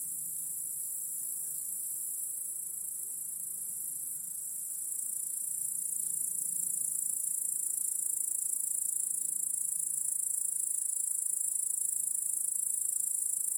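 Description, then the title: Crickets in a steady high-pitched chorus that hisses on without pause, swelling slightly louder partway through. Chorus of crickets in a home backyard, heard in the evening as day turns to night. "Crickets in Your Backyard 🏡"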